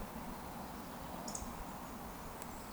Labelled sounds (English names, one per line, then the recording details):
Eurasian Woodcock whistle
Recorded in Baden-Württemberg, Germany, on 14 June 2020 at 19:24 UTC
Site 14569, 102 m above sea level